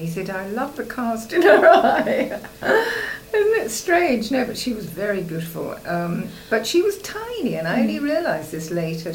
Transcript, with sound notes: He said, "I love the cast in her eye!" [laughs] Isn't it strange? No, but she was very beautiful. Erm, but she was tiny and I only realised this later.